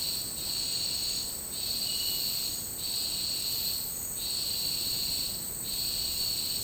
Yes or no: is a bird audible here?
no